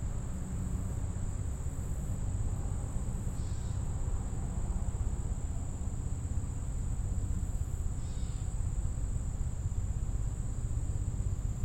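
At the Gibraltar Bay unit of the Detroit River refuge, a steady high cricket trill runs over a dense low rumble, with faint chirps near four and eight seconds.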